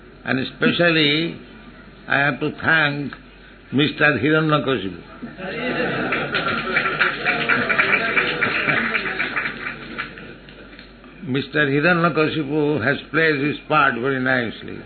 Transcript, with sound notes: and especially I have to thank Mr. Hiraṇyakaśipu. (applause) (laughs) Mr. Hiraṇyakaśipu has played his part very nicely.